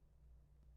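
A screwdriver turns a machine screw backwards, to the left, in a threaded plastic mount on a Servo:Lite board for the Micro:bit, feeling for the start of the thread. Only a quiet, steady low hum is heard, with no distinct transient. Nothing has seated or clicked yet.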